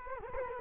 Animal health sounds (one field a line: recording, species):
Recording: mosquito wingbeat signal from an infrared sensor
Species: Culex quinquefasciatus